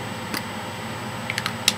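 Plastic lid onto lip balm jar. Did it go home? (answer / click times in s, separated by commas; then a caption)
yes / 1.7 s. A plastic screw-less lid is pressed onto a tinted lip balm jar (NYX tinted lip spa), with a few small taps and ticks before it clicks shut, seated, at 1.7 s. The clip carries a steady low background hum, and no one talks.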